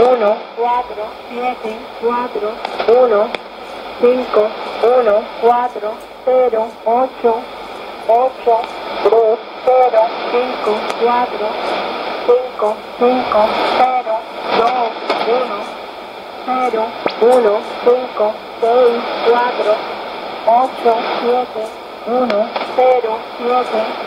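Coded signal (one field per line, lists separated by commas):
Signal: numbers station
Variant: HM01, Spanish voice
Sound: female-like voice reading digits in Spanish, evenly paced, over shortwave hiss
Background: radio static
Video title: 23 10 2015 Cuban Spy Numbers HM01 in Spanish 0700 on 9330 Bejucal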